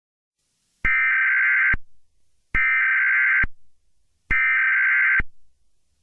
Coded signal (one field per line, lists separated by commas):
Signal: Emergency Alert System (SAME) tones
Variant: header bursts